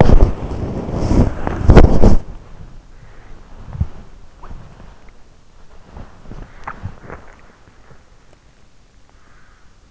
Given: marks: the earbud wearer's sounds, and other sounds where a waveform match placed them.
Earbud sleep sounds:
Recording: sounds in sleep by an in-ear microphone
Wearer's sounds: body movement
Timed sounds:
0.00-7.13 s: body movement

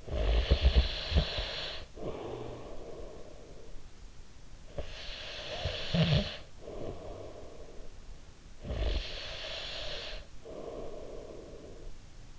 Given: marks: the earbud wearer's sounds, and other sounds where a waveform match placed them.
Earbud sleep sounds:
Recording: sounds in sleep by an in-ear microphone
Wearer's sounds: snoring breath, breath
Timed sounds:
0.00-4.10 s: snoring breath
4.39-8.16 s: snoring breath
8.16-12.39 s: breath

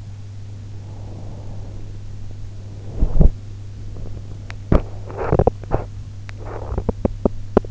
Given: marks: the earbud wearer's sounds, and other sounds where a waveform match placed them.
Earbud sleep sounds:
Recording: sounds in sleep by an in-ear microphone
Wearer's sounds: breath, teeth grinding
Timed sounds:
0.66-2.02 s: breath
2.78-3.39 s: sound from someone else or the room
4.42-7.71 s: teeth grinding

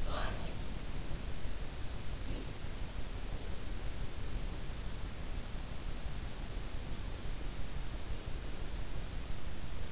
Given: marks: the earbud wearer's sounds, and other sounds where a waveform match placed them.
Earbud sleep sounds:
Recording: sounds in sleep by an in-ear microphone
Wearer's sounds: breath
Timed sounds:
0.00-0.71 s: breath

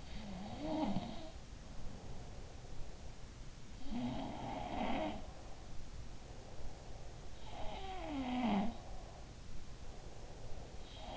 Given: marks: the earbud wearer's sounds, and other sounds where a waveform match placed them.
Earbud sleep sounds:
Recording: sounds in sleep by an in-ear microphone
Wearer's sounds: breath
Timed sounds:
0.00-3.18 s: breath
3.86-5.85 s: sound from someone else or the room
3.87-7.15 s: breath
8.19-11.17 s: breath

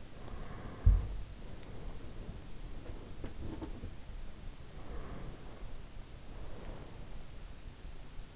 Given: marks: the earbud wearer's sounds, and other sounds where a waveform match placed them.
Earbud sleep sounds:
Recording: sounds in sleep by an in-ear microphone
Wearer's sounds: breath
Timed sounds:
0.00-2.28 s: breath
2.73-4.35 s: sound from someone else or the room
4.86-7.13 s: breath

